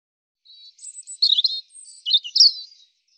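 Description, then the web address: European robin song: a thin high note, then two bursts of tumbling, liquid warbled phrases, all clean with no other sounds. "cianscape birddata Deverinetal 2025 Bird Er Ru"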